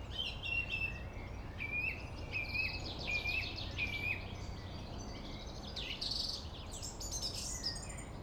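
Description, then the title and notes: Song thrush repeating a short whistled note about every half second, followed by busier high chattering phrases, over steady city traffic. Singing in Friedhof Columbiadamm (Neuer Garnisonsfriedhof) cemetery, Berlin, with distant city and traffic noise; recorded on a Sony PCM D50. "Friedhof Columbiadamm, Berlin - Song thrush. Friedhof Columbiadamm (Neuer Garnisonsfriedhof), Song thrush (Singdrossel) singing, distant city. traffic noise"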